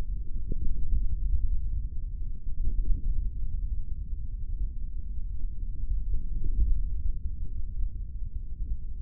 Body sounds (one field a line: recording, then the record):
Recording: forearm muscle sounds (acoustic myography)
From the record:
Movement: index flexion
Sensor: system 3, bracelet of six PUI Audio POM-2738L microphones around the upper forearm, with dedicated amplification and filtering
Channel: 1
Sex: male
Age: 23 years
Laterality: right